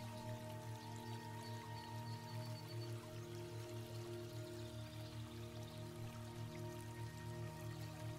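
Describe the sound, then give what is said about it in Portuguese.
Steady trickling water runs continuously from a small water fountain in a garden, layered over sustained low droning tones with a gentle pulsing beat. No one speaks. “Uma fonte de água em algum cantinho.”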